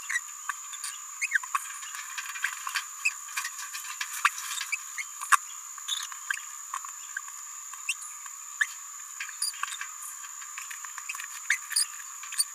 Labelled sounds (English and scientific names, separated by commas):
Green-rumped Parrotlet (Forpus passerinus) babbling